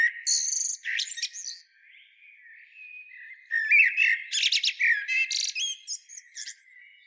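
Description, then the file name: Eurasian blackbird song, fluty warbles interspersed with high chattering twitters, a softer quiet stretch in the middle, then a longer busy phrase. "Turdus merula"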